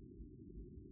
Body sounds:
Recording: neck accelerometer signal played as sound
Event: no cough (speech, laughter, throat clearing or background)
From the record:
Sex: male

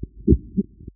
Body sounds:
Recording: neck accelerometer signal played as sound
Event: voluntary cough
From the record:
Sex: male

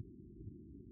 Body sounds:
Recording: neck accelerometer signal played as sound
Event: no cough (speech, laughter, throat clearing or background)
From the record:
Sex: male

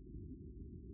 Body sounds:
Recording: neck accelerometer signal played as sound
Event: no cough (speech, laughter, throat clearing or background)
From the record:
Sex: male

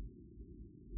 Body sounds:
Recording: neck accelerometer signal played as sound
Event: no cough (speech, laughter, throat clearing or background)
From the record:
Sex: female

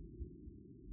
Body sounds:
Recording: neck accelerometer signal played as sound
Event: no cough (speech, laughter, throat clearing or background)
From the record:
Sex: female

